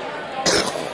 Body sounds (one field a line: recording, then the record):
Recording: coughing mixed with background sound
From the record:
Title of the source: 31 night wet cough